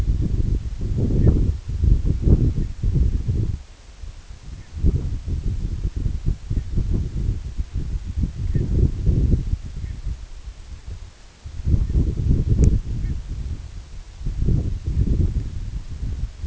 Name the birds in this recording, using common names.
Canada Goose